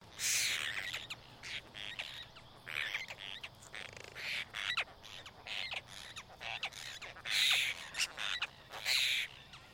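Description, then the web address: Apostlebird group calling: harsh, grating bursts repeated irregularly, some longer rasping notes, with short quiet gaps between. Several birds calling as a group; stereo recording. "Foundation Updates BIRD APOSTLE BIRD GROUP CALL"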